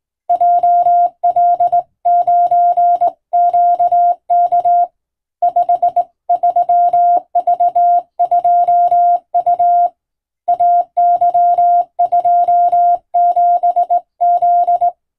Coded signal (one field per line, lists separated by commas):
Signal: Morse code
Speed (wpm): 20 wpm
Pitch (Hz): 700 Hz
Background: music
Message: JL9QK 53V2U AY27Z